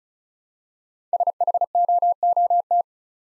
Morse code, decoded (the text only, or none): SHOOT